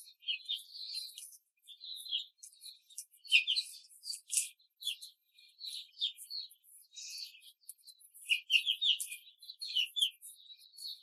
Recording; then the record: young laying hens in a cage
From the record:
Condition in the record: control cage, before the stress test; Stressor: none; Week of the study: 4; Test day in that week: 3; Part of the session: 2